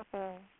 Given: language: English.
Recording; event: throat vibration sensor signal played as sound; speech